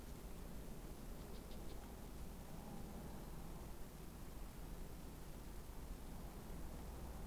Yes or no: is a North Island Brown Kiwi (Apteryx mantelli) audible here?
no